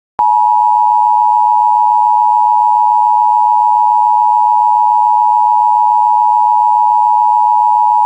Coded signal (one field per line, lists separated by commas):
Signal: Emergency Alert System (SAME) tones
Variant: 853 and 960 Hz attention tone